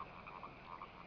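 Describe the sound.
Frog croaking as a brief run of soft, unevenly spaced pulses against constant background hiss.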